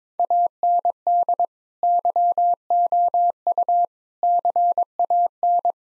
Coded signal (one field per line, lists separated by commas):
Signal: Morse code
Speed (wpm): 22 wpm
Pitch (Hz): 700 Hz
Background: none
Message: AND YOU CAN